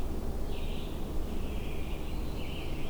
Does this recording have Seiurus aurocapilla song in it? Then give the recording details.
no. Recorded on 22 June 2016 at 07:52. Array SBT-6-76